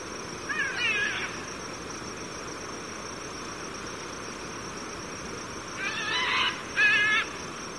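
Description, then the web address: Military macaw giving harsh, raspy squawks, one brief burst near the start and two louder grating calls close together near the end, over a steady hiss. Ecuador. "Birds of Ecuador. Military Macaw"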